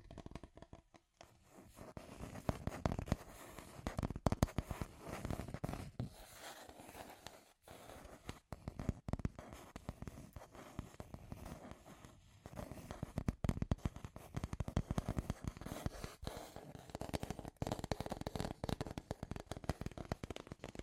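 Scratchy tapping runs almost nonstop, a dense stream of sharp dry clicks and scrapes with an uneven, crackling texture. Brief pauses fall near 1, 7.5 and 12.5 seconds, and the level stays fairly even otherwise, with occasional louder snaps standing out.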